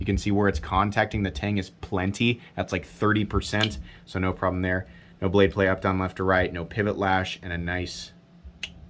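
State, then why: Seated. Someone talks about a Midgards Messer "The Beowulf" folding knife: its lockup contacts the tang at about 30%, and it has no blade play and no pivot lash. The blade is then swung shut into its handle. The detent snaps it into the closed position with a sharp click at 8.6 s, showing the detent is properly tuned.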